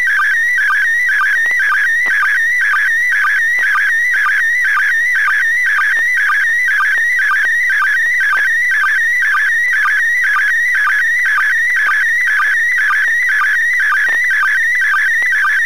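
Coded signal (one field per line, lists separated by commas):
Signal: SSTV (slow-scan television)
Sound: steady warbling electronic tone with rapid pitch shifts and regular short low sync blips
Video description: Λήψη SSTV από τον διεθνή διαστημικό σταθμό (ISS) στα 2m (145.800)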